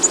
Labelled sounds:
Black-throated Green Warbler flight call

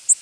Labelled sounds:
Tennessee Warbler flight call

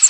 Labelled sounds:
Prairie Warbler flight call

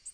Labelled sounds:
Tennessee Warbler flight call

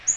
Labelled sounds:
Magnolia Warbler flight call

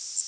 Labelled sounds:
Worm-eating Warbler flight call

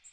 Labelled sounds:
Magnolia Warbler flight call

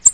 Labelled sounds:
American Redstart flight call

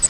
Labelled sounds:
Grace's Warbler flight call

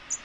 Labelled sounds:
American Redstart flight call

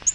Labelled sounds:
Nashville Warbler flight call

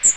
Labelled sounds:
Magnolia Warbler flight call

